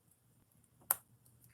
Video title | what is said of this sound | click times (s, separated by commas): ROKR Scout Beetle - Full Assembly - 7 Hours | all right you heard that click sound right | 0.9 s